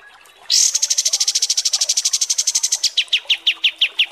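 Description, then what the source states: Pied triller trill: a loud high rapid series of notes that slows near the end into separate, lower downward chips. Masteran training song (kapas tembak) for songbirds.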